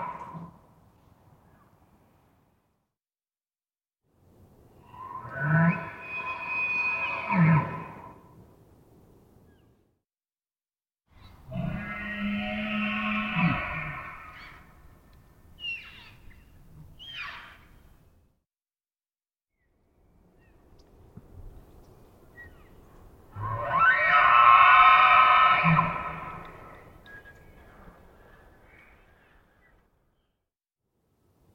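Male elk let out long, full-throated roars in three main bouts, around 4–9 seconds, 11–17 seconds and 23–28 seconds, each swelling and fading over several seconds. The calls are chesty, with short squeals between them and near silence in the gaps.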